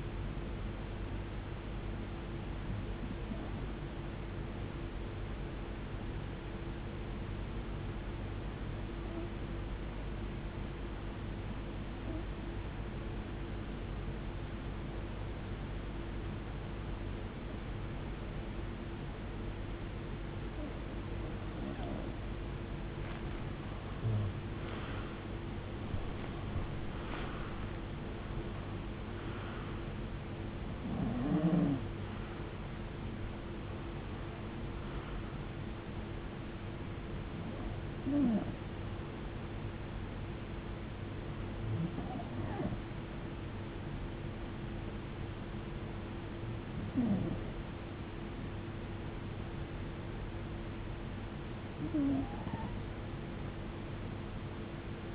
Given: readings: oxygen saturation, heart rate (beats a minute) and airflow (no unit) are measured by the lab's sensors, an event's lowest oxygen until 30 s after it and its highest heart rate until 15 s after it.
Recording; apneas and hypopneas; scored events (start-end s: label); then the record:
breathing in sleep by a voice recorder at the bedside; 1
5.00-30.60 s: hypopnea (REM, oxygen 96% highest, then 90% lowest, heart rate 73 at the start, 82 highest)
From the record:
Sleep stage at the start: REM sleep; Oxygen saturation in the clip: 91 to 96%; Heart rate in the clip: 57 to 82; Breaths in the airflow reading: 16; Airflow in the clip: -19.5 to 17.7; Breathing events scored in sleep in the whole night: 389 in 6.3 hours asleep